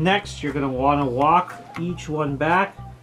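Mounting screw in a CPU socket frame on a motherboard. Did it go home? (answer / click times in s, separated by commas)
no / none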